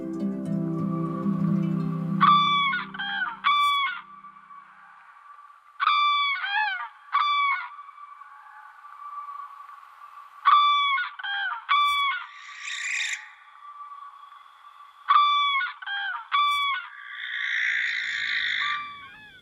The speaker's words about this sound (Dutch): Het is nu 7 december. 5:55, bijna donker. 1 graad boven nul en nog steeds komen kraanvogels over. Het zullen nou toch wel echt de laatste zijn. Wonderbaarlijk dat geluid.